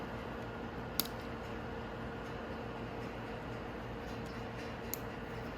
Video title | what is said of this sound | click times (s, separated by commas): Replacing the Crank on Your Venom X22GT 250cc Automatic Motorcycle CN250 - Venom Motorsports | And it clicked in, no problem. | 1.0 s, 4.9 s